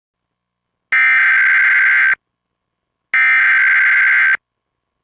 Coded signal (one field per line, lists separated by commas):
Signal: Emergency Alert System (SAME) tones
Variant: header bursts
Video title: My first EAS video (WARNING: FAKE)